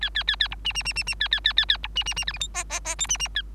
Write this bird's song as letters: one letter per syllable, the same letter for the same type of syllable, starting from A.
A A A A B C C C C C A A A A A B C C C D E F G G G H C C A